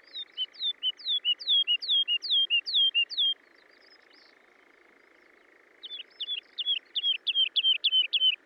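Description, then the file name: Woodlark song: a run of descending, slurred whistled notes repeated steadily, a pause, then a faster series of sharp notes, over a steady drone. "British Library - ZHavoronok Lesnoj"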